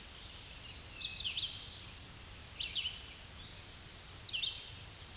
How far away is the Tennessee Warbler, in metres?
about 40 m